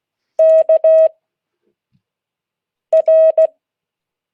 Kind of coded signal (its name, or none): Morse code